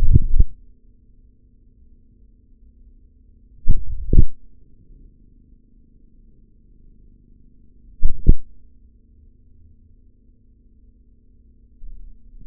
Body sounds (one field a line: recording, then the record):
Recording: forearm muscle sounds (acoustic myography)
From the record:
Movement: hand opening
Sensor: system 3, bracelet of six PUI Audio POM-2738L microphones around the upper forearm, with dedicated amplification and filtering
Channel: 4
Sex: male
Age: 26 years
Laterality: right